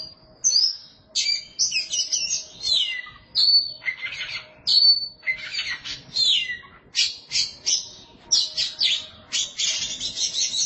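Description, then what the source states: Oriental magpie-robin pouring out a continuous song of whistles, harsh rasping notes and rapid trills in a long run of loud bursts. Kacer song.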